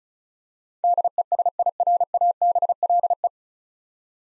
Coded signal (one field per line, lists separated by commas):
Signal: Morse code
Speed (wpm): 36 wpm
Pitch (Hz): 700 Hz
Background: none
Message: DESIRABLE